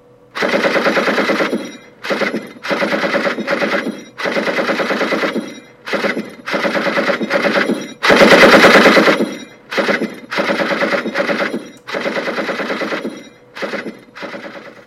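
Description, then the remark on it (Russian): Loud machine gun fire, armor-piercing incendiary rounds, in a long series of short bursts, each a rapid rattling volley lasting about a second, with brief pauses between them and no voices, in the quiet of a spring pre-dawn, with spent casings falling into the dust. “Рокочущая глотка пулемета неожиданно вселила в него дикое какое-то веселье.”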